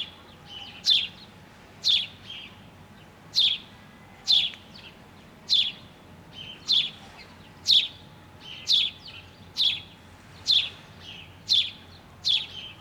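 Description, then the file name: House sparrow chirping, sharp bright chirps repeated about once a second, roughly a dozen throughout, sometimes doubled, over a low steady background hum. "Passer domesticus"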